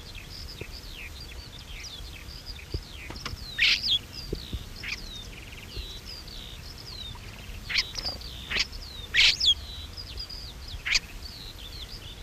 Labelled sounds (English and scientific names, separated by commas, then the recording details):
Lesser Grey Shrike (Lanius minor) call
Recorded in the wild
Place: Sandeck, AT
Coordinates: 47.7364, 16.7706
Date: 1964-05-20
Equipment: Uher Report 4000, AKG D190
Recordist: Krey, Winfried